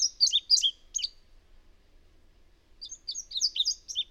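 Bird song, a short burst of sharp, high twittering notes, a quiet pause, then a softer run of rapid chirps.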